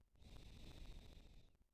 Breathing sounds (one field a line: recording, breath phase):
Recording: one breath near a microphone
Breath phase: exhalation